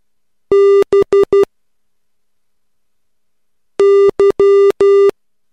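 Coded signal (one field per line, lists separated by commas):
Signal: Morse code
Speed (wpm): 12 wpm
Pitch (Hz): 400 Hz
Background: none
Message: BY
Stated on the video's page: Morse code practice at 3 WPM using the letters e l s o t v a m n p d r h i c b f g k y u.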